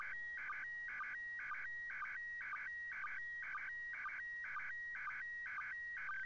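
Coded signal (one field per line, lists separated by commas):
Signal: SSTV (slow-scan television)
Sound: warbling tone bursts about twice a second, separated by a steady whistle, with short low blips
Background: radio hiss, low hum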